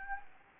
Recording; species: mosquito wingbeat signal from an infrared sensor; Anopheles gambiae